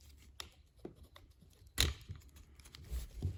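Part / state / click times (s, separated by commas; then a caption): windshield wiper blade clip onto wiper arm / not seated / none. A wiper blade's plastic clip is being worked into position on the wiper arm of a Subaru Outback during a wiper replacement. Short handling and rubbing noises are heard, with sharp transients at 0.4 s and 1.8 s. Nothing has seated or clicked yet, and the blade is not yet fully onto the arm.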